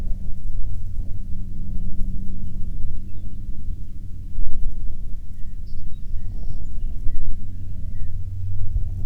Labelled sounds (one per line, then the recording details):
songbird
wind
aircraft
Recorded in the Prudhoe Bay oil fields, Alaska, on 21 June 2019 at 09:43
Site 22